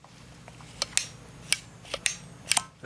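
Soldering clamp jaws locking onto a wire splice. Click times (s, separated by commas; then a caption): 1.0 s, 1.5 s, 2.1 s. A handheld Triton soldering clamp is squeezed around two twisted 18-gauge wires, ratcheting with sharp metallic clicks at 0.97, 1.52 and 2.06 seconds among other ticks. The clamp locks shut onto the wire splice, holding the wires hands-free.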